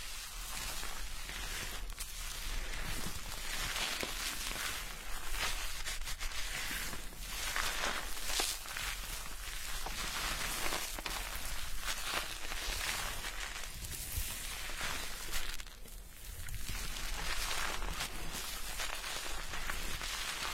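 Immersive hair washing with a scalp massage: a dense, steady wash of bright crackling and hissing, like lathered foam being rubbed close in, runs the whole time. Small swells and strokes shift the texture, with a brief dip around sixteen seconds.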